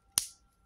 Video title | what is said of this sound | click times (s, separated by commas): Transformers United Windblade | bring them down they will snap into place | 0.2 s